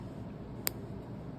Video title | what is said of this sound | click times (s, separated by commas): OAE Biocheck Not working Change Port | like that you can hear a little click | 0.7 s